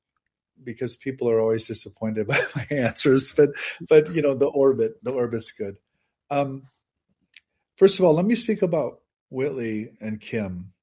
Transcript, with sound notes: Because people are always disappointed (laughs) by my answers. But, but, you know, the orbit, the orbit's good. Um, first of all, let me speak about Whitley and Kim.